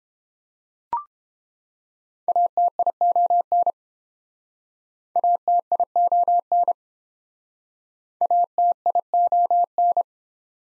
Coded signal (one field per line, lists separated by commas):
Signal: Morse code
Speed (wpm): 29 wpm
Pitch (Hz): 700 Hz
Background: none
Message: ATION ATION ATION